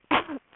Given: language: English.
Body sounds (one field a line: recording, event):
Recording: throat vibration sensor signal played as sound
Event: cough